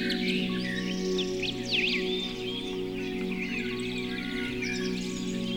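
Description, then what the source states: Birds singing, a chorus of quick whistled chirps and rising notes over steady sustained musical tones. Birdsong mixed with music.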